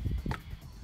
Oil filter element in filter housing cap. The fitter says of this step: feel a little or hear a little click and it's ready to come out